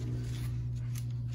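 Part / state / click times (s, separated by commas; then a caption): heat press handle latching closed over a sublimation necklace blank / seated / 1.0 s. A heat press handle is pushed down over an aluminum sublimation necklace blank until it latches closed, with a sharp click at 0.9 s (peak at 0.98 s) marking it seated. A softer tap follows at 1.1 s over a steady low hum.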